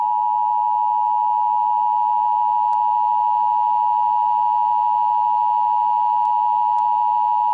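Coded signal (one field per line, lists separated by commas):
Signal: Emergency Alert System (SAME) tones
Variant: 853 and 960 Hz attention tone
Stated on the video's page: Recreated EAS alert imagining how events in the 1998 film Deep Impact might be broadcast.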